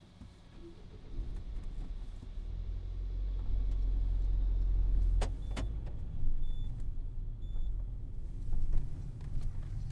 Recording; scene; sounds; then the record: everyday scene through a hearing-aid microphone; in a vehicle; other noises, engine starting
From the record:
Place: Berlingo II, diesel engine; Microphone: behind the ear, left, rear